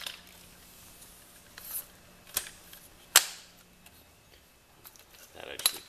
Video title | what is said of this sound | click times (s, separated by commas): Vista Explorer Tripod 60 Inch - Unboxing | clicks and locks in place that's nice and then has | 3.2 s